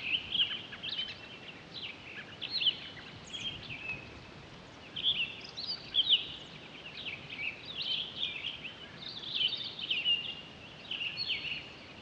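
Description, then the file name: Townsend's solitaire delivering bursts of high, jumbled warbling phrases with short gaps between them, mixed with clear whistled notes, against faint hiss. Recorded 23 October 2011. "20111023 townsends-solitaire"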